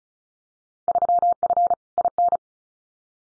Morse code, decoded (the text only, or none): 3F IN